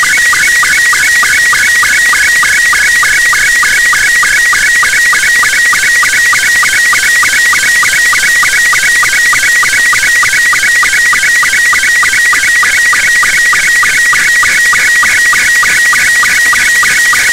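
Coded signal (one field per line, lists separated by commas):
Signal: SSTV (slow-scan television)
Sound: steady warbling whistle near 2 kHz with rapid regular clicks, continuous throughout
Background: radio static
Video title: UmKa-1 satellite. Pass over Costa Rica. SSTV image download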